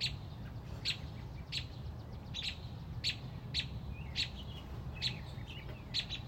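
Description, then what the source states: Robin uttering crisp, high chip notes at a steady pace, some faint sliding whistles in between, over low rumbling noise. Mother robin protecting a newly hatched chick on a front porch.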